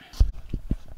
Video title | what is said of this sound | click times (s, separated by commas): FAST & EASY - How to Install LED Headlights in GMC Acadia | once you put the headlamp on, you hear it click. The connectors will click together. | 0.7 s